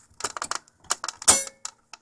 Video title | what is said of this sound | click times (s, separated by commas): HP deskjet 20250, How to replace the prtinter ink -low cost HP ink cartridges | press until it snaps | 0.9 s